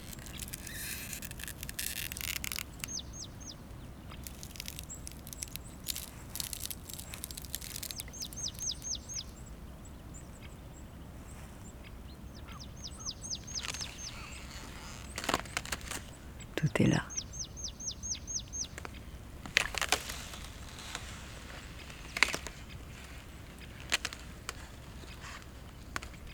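Frozen lake ice sings and cracks over a steady low rumble. Short bursts of rapid, high ticking chirps return every few seconds, while sharp snaps and pops break out now and then, loudest around the middle and toward the end.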